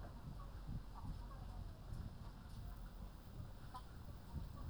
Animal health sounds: poultry house recording; healthy chickens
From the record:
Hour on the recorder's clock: 21

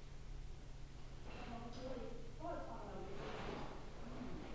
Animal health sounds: poultry house recording; no chicken sound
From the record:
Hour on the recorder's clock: 14

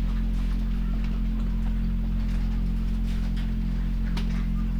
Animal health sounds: poultry house recording; sick chickens (respiratory disease)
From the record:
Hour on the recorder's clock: 23

